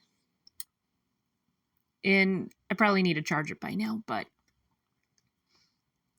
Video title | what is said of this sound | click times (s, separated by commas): Trying a new medium?? Watercolor Gelz Painting on things #9 | then you take the other head out and just pops right in super easy | 0.5 s, 0.6 s